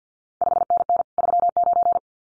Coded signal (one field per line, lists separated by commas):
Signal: Morse code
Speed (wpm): 50 wpm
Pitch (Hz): 700 Hz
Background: none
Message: 5NN 39